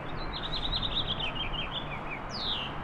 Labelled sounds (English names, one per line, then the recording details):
House Finch song
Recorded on Long Island, New York, on 15 April 2011
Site HE
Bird A